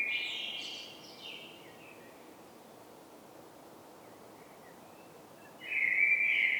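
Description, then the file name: Blackbird song fragments: a phrase fading with a high twitter at the start, a quiet pause with faint notes, then a new warbled phrase begins. "Turdus merula"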